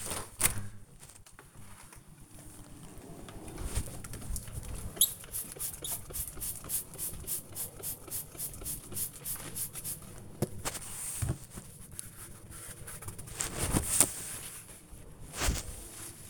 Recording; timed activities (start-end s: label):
household activities, microphone on the right wrist
0.00-16.30 s: window cleaning